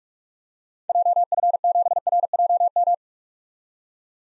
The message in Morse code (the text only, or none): JF7RJM